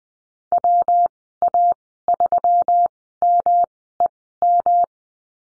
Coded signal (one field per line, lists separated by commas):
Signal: Morse code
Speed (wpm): 19 wpm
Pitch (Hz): 700 Hz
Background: none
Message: WA3MEM